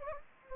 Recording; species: mosquito wingbeat signal from an infrared sensor; Anopheles gambiae